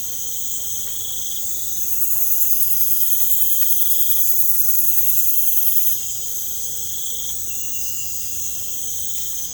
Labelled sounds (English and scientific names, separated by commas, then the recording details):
none
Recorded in pastures near Puerto Asís, Putumayo, Colombia, on 26 December 2024 at 04:30
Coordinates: 0.496, -76.326
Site G004